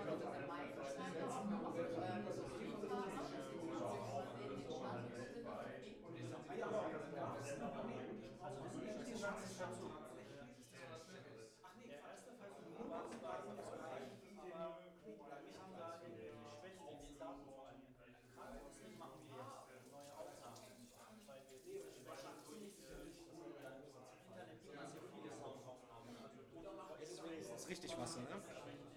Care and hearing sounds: everyday scene through a hearing-aid microphone; many people talking; many voices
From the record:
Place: bistro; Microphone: behind the ear, left, rear

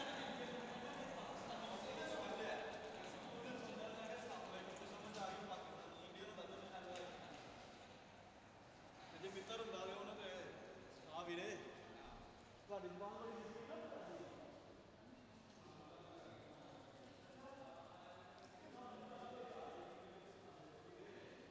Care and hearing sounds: everyday scene through a hearing-aid microphone; reverberant space; background noise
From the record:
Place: railway station hall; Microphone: in the ear canal, left

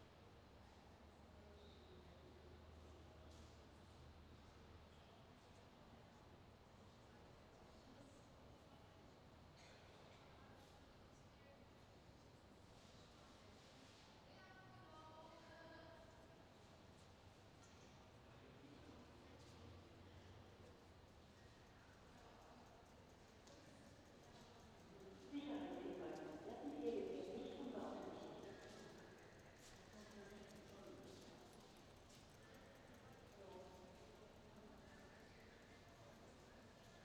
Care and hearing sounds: everyday scene through a hearing-aid microphone; reverberant space; background noise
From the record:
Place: railway station hall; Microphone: in the ear canal, left

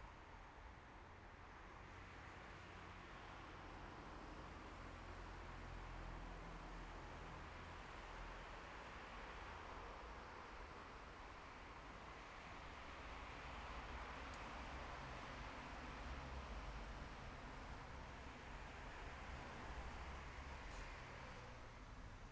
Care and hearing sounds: everyday scene through a hearing-aid microphone; in traffic; traffic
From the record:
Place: bus stop on a city main road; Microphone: behind the ear, left, front

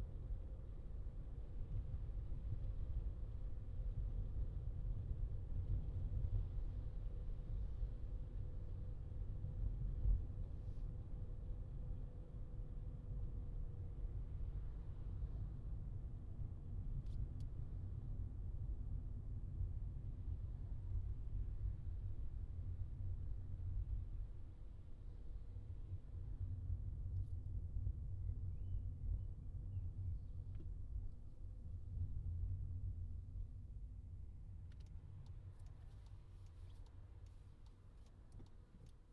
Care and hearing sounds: everyday scene through a hearing-aid microphone; in a vehicle; engine, highway traffic jam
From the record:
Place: Skoda Fabia, gasoline engine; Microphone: in the ear canal, left

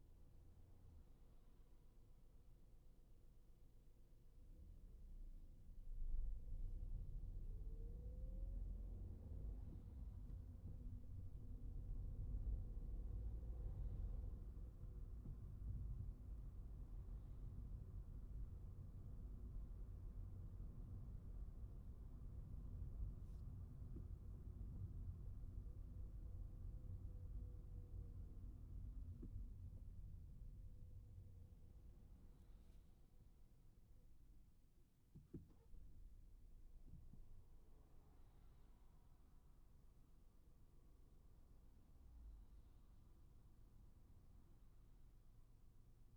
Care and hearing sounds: everyday scene through a hearing-aid microphone; in a vehicle; engine, traffic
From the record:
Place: Skoda Fabia, gasoline engine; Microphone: behind the ear, right, front

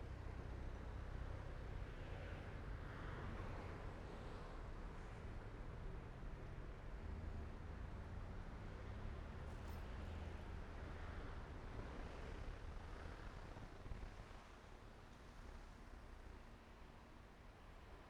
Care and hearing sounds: everyday scene through a hearing-aid microphone; in traffic; traffic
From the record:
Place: main road on the outskirts, rush hour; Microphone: behind the ear, right, rear

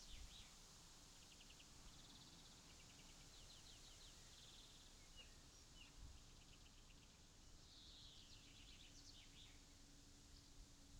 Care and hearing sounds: everyday scene through a hearing-aid microphone; wind on the microphone; gentle breeze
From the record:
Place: in front of a rural house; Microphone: in the ear canal, left

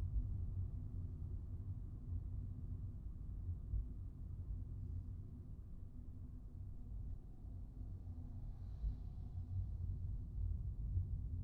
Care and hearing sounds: everyday scene through a hearing-aid microphone; in a vehicle; engine, traffic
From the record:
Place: Skoda Fabia, gasoline engine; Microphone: in the ear canal, right

